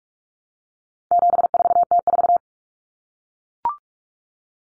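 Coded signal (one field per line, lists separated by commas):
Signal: Morse code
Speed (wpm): 44 wpm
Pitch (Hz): 700 Hz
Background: none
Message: 74T4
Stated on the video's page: Common four-digit cut numbers drill at 45 wpm, swapping T, A, N for 0, 1, 9; each sent in Morse, spoken, then sent again.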